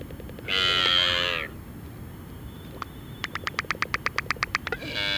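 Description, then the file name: Black-footed albatross calls: a loud, harmonic, drawn-out cry that drops at its end, then a fast series of many sharp pulsed clacks, and another harsh cry at the end. "Black footed Albatross Phoebastria nigripes"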